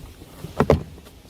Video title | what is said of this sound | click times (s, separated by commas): Ryder Buggy Assembly Instructions 24V Ride On Kids Toy | snap there we go all right | 0.6 s, 0.7 s